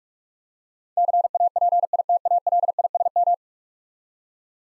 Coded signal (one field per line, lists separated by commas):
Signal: Morse code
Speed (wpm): 44 wpm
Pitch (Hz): 700 Hz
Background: none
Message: CAPITALISM